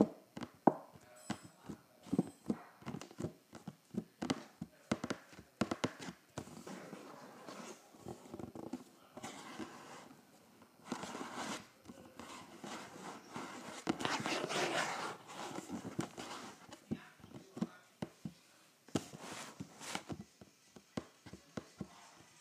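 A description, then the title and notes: Fingers scratch and tap on a cardboard box, with quick sharp knocks in irregular bursts. Between the taps come longer rough scraping strokes, the heaviest running from about the eleventh to the sixteenth second, before scattered taps return. ASMR Scratching and Tapping a Cardboard Box.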